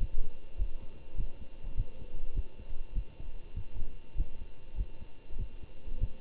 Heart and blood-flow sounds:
heart sounds by stethoscope; between the tricuspid and mitral areas; 100 bpm
0.57 s: heartbeat
1.16 s: heartbeat
1.75 s: heartbeat
2.33 s: heartbeat
2.93 s: heartbeat
3.54 s: heartbeat
4.15 s: heartbeat
4.76 s: heartbeat
5.37 s: heartbeat
5.99 s: heartbeat
From the record:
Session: Bruce protocol treadmill stress test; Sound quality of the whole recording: good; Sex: male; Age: 25 years

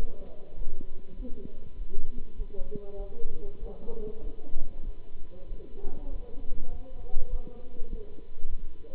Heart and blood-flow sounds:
heart sounds by stethoscope; between the tricuspid and mitral areas; 99 bpm
0.56 s: heartbeat
1.15 s: heartbeat
1.75 s: heartbeat
2.35 s: heartbeat
2.96 s: heartbeat
3.59 s: heartbeat
4.21 s: heartbeat
4.83 s: heartbeat
5.47 s: heartbeat
6.10 s: heartbeat
6.71 s: heartbeat
7.29 s: heartbeat
7.88 s: heartbeat
8.47 s: heartbeat
From the record:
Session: Bruce protocol treadmill stress test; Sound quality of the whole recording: good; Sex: male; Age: 26 years

